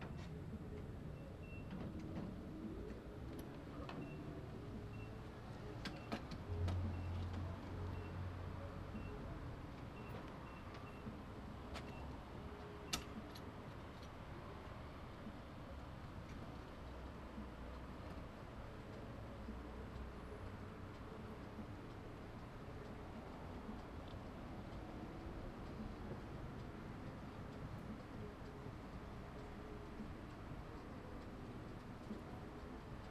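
Cars idle and pass through a gas station in a steady low rumble, with a few sharp clicks and knocks early on, then quieter.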